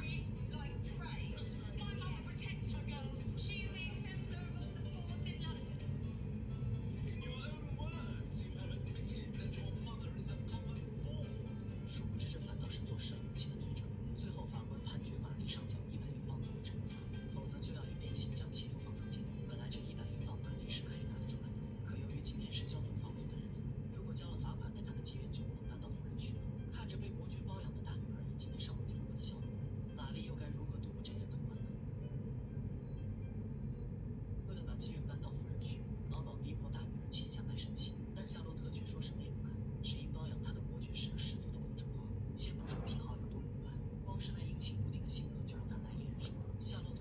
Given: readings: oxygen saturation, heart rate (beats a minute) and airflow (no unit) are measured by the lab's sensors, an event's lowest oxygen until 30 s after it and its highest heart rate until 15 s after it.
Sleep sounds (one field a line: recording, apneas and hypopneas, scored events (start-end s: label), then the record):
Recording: a person awake in a sleep study, by a smartphone at the bedside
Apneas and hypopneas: none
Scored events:
0.00-47.01 s: awake
0.00-47.01 s: awake
From the record:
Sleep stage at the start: awake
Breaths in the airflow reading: 13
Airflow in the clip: -0.7 to 0.8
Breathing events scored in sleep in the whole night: 496 in 5.4 hours asleep